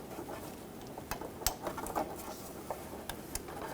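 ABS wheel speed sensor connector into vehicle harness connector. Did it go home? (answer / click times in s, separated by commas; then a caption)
yes / 3.1 s, 3.3 s. The rear ABS wheel speed sensor's plastic electrical connector on a 2008–2020 Dodge Grand Caravan is pushed into the harness connector under the van. Several faint taps and rustles come first, then two very quiet clicks at 3.1 s and 3.4 s as the connector seats.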